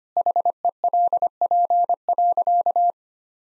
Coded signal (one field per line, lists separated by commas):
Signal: Morse code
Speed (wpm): 25 wpm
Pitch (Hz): 700 Hz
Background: none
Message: HELP.